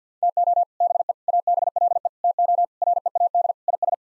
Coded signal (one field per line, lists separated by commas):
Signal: Morse code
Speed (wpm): 50 wpm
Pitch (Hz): 700 Hz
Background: none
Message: TO BE ABLE TO READ IS